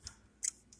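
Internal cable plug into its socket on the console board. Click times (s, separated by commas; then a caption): 0.5 s. An internal cable plug inside a PS4 case is set onto its groove on the console board and pushed down until it locks in place, with a sharp click at 0.5 s. Fainter high, crisp ticks come at 0.1 s and 0.7 s, and no one talks.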